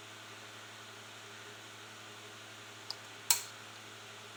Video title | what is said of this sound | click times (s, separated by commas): Bridger #1-3/4 Sq. Jaw Overview | yes there you go you hear that little click | 3.3 s